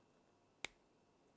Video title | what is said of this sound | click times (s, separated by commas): Nebula ST2 PRO Review: High-Fidelity Sound in a Compact Design: built-in DAC | to make sure you get the click that way you know it's in there properly | 0.6 s